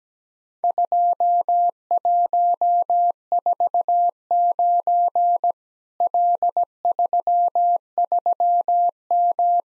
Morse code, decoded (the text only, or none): 2149 L33M